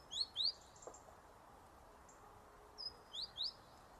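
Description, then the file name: Great tit with two quick rising chirps, a short gap, then a high note and two more upswept chirps, with a faint hiss behind. "Parus major"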